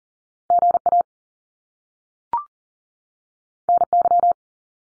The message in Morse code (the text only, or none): G A N Y